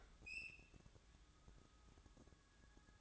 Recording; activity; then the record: daily activity, microphone in the room; open fridge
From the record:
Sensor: 3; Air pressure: 1007.7 hPa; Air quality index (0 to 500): 58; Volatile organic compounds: 1 ppm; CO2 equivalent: 605 ppm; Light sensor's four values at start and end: 14/32/13/14 and 14/32/13/14